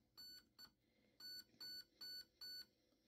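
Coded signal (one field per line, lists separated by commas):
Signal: beep code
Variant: Raven Evolution Furion ETU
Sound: two quiet short beeps, then four louder, evenly spaced, buzzy electronic beeps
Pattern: 4 short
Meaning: Four beeps select the pre-cocking programming mode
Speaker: another trigger pull will be four beeps which is pre-cocking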